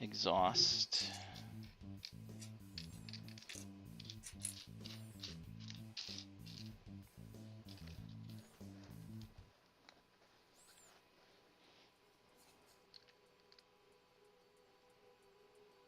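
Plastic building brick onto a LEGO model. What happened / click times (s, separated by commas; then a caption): Plastic part handled, not yet seated / none. A plastic LEGO building element is handled against a LEGO model while someone talks over background music that stops at about 9.5 s, leaving only faint sounds afterward. A few small ticks of handling are heard, but nothing has seated or clicked into place yet by the end of the clip.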